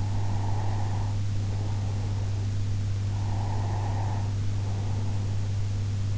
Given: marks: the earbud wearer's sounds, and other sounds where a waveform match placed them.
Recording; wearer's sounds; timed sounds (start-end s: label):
sounds in sleep by an in-ear microphone; breath
0.27-2.59 s: breath
3.21-5.89 s: breath